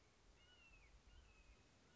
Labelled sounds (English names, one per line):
Red-shouldered Hawk